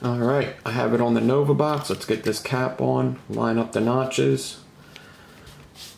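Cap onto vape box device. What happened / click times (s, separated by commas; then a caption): The cap is being lined up but has not clicked home yet / none. Someone talks while handling a cap on a Nova vape box device, lining up its notches before pushing it down. The voice fades after about 4.4 s, leaving quiet handling noise with a brief faint sound near 5.0 s. Nothing has seated or clicked yet.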